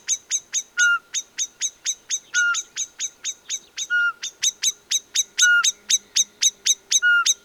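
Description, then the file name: Common blackbird calling with a long run of sharp tick notes, interrupted now and then by short flat whistles. "Turdus merula"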